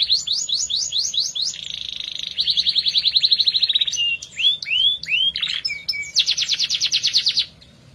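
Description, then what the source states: Canary song: a run of rising whistled slurs, then a fast buzzy trill, a few swooping notes and another rapid rolling trill. Domestic canary, F1 bird; used as therapy to prompt a canary that has stopped singing (Indonesian: kenari macet).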